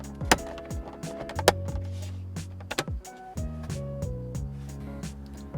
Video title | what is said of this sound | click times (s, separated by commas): How To Install Hyundai Genesis Coupe LED Interior & Fogs - 2nd Gen - 2013-2016 | And once those are in line, we can just apply some pressure on these inner tabs until they snap into place. | 0.3 s, 1.5 s